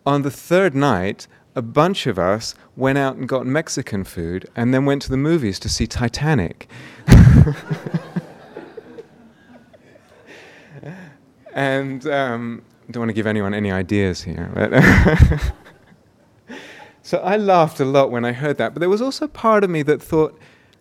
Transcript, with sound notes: On the third night a bunch of us went out and got Mexican food and then went to the movies to see Titanic." [laughter] I don't want to give anyone any ideas here, but. So I laughed a lot when I heard that, but there was also part of me that thought,